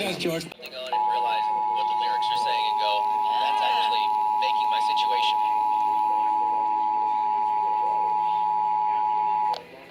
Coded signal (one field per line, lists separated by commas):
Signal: Emergency Alert System (SAME) tones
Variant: 853 and 960 Hz attention tone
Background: speech